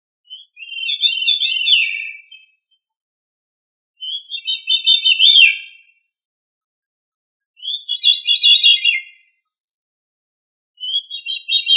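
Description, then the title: Thrush song: four high, warbled phrases with rising and falling notes, each lasting about two seconds, separated by silent gaps of about one and a half seconds. "Familia Turdidae - Sabia"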